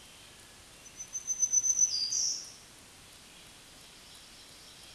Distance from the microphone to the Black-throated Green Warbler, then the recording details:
about 15 m. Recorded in a Pennsylvania forest on 1 June 2023 at 07:13. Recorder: AudioMoth, point grid3_7_high. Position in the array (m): 141 m, 60 m